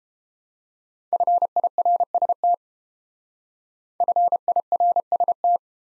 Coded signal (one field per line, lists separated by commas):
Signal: Morse code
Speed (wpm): 29 wpm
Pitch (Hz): 700 Hz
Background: none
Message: FIRST FIRST